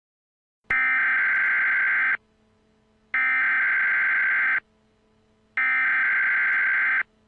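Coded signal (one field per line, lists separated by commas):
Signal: Emergency Alert System (SAME) tones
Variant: header bursts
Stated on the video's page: Fictional EAS scenario combining a tornado warning and a nuclear missile emergency.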